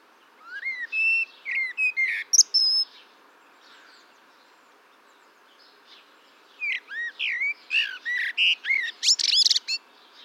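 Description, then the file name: Common blackbird song in two bursts: fluty rising whistles and squeaky high notes, then a pause and a rapid sequence of warbles and chattering twitters. "Turdus merula"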